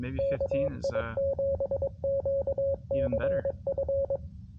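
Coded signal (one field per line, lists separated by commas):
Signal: Morse code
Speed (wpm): 22 wpm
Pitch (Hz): 550 Hz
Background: speech, radio noise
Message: KI7QCF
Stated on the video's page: Morse from a Parks on the Air and WWFF activation on 10 meters, sent with a field paddle on a QRP Labs QMX High-Band rig into an end-fed half-wave antenna.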